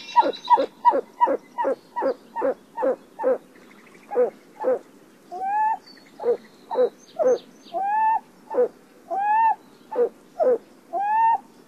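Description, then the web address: Pied-billed grebe calling: a rapid run of hollow notes that slows into longer notes, some of them slurred, about two per second. North America. "Songs of Birds of North America Stokes. Pied-billed Grebe"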